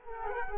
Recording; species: mosquito wingbeat signal from an infrared sensor; Culex quinquefasciatus